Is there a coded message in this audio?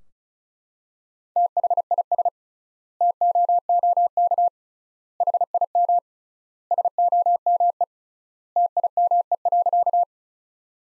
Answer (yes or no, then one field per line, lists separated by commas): yes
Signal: Morse code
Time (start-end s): 1.4-10.0 s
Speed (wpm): 36 wpm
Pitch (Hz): 700 Hz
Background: none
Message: THIS TOOK HIM SOME TIME.